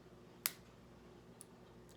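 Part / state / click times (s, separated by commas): lavalier microphone plug into its adapter connector / seated / 0.5 s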